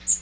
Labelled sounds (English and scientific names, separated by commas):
Magnolia Warbler (Setophaga magnolia) flight call